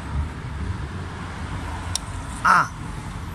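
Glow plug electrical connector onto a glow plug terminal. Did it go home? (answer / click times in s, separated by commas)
yes / 2.0 s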